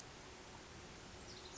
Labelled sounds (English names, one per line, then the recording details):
Pacific Wren
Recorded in Sonoma County, California